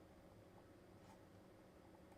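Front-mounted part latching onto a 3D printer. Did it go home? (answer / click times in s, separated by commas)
no / none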